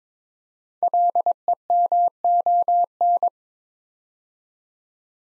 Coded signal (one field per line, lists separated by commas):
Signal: Morse code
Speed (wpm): 22 wpm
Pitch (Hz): 700 Hz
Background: none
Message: LEMON